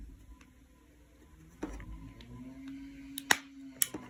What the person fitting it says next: There we go. That was a satisfying click.